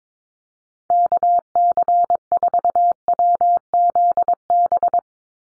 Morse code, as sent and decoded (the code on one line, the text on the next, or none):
-.- -.-. ....- .-- --.. -...
KC4WZB